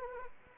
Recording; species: mosquito wingbeat signal from an infrared sensor; Anopheles arabiensis